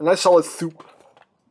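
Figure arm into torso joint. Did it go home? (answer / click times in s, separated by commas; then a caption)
no / none. Someone talks while handling the arm of a plastic FansToys KOOT (Masterpiece Kup) transforming robot figure, swinging it up toward its torso joint. A couple of faint, brief ticks follow near 1.2 seconds. Nothing has seated or locked into place yet.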